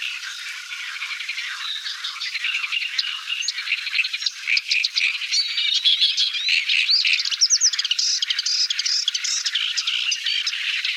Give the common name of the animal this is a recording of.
Paddyfield Warbler